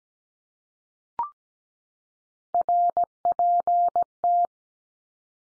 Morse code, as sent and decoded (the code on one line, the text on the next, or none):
.-. .--. -
RPT